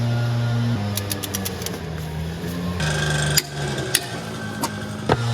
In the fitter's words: just gonna make sure it clicks.